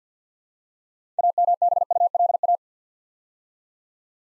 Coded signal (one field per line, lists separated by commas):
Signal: Morse code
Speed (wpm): 50 wpm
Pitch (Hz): 700 Hz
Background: none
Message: AMBULA